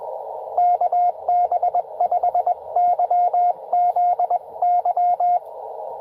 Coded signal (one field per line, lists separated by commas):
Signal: Morse code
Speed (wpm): 22 wpm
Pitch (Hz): 700 Hz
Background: radio noise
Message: KB5YZY